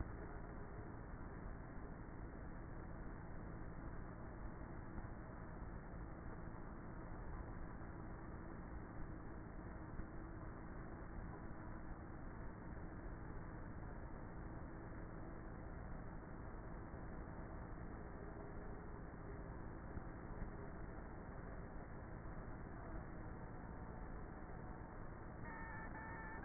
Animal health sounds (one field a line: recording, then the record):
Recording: honeybee colony, microphone inside the hive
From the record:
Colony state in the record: queenless with a low population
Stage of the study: before two queens were removed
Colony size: about 30,000 bees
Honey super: no